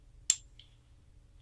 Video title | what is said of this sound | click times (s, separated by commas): The New ezEXO Cat6A System From Platinum Tools | It's designed so that when you take the connector and you push it in, hear that click? I'll do it again. | 0.3 s